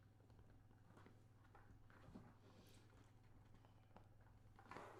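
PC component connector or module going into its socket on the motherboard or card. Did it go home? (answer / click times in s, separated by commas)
no / none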